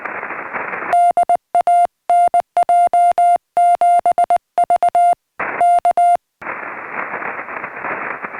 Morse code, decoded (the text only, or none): DA NJ7V K